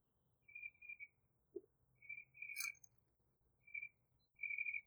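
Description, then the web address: Bird calls: several drawn-out high notes with pauses between them, broken by a short low knock and a sharp clicking tap. "Tedford Sarah Sounds Birds 4 Removed Background Noise"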